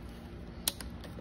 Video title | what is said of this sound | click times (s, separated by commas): How to repair a cut wire with a splice kit | and you can hear when that clicks | 0.7 s